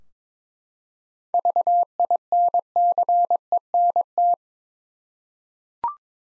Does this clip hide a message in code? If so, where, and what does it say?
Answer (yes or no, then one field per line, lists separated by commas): yes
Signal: Morse code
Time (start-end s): 1.3-4.3 s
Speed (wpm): 22 wpm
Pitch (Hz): 700 Hz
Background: none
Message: VINCENT